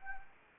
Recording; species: mosquito wingbeat signal from an infrared sensor; Anopheles arabiensis